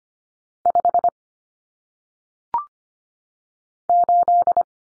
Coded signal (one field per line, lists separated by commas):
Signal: Morse code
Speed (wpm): 25 wpm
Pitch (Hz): 700 Hz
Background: none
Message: 5 8